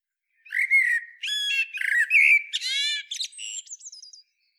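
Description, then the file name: Common blackbird song phrase of warbled whistles running into scratchy, buzzy twittering and a thin squeaky end note. "Turdus merula"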